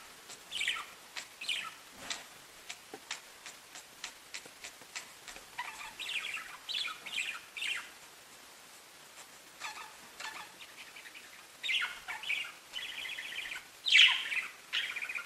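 Budgerigar chatter, soft clicks and chirps building to louder warbled squawks near the end.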